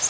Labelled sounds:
Bay-breasted Warbler (Setophaga castanea) flight call

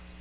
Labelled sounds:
Magnolia Warbler (Setophaga magnolia) flight call

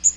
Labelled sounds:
Magnolia Warbler (Setophaga magnolia) flight call

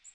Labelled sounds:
Magnolia Warbler (Setophaga magnolia) flight call

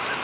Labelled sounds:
American Redstart (Setophaga ruticilla) flight call

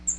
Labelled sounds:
Cape May Warbler (Setophaga tigrina) flight call

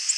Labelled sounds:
Tennessee Warbler (Leiothlypis peregrina) flight call

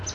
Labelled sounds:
Palm Warbler (Setophaga palmarum) flight call

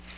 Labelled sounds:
Magnolia Warbler (Setophaga magnolia) flight call

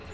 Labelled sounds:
Black-throated Green Warbler (Setophaga virens) flight call

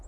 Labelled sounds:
Hermit Warbler (Setophaga occidentalis) flight call

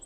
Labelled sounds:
Hermit Warbler (Setophaga occidentalis) flight call

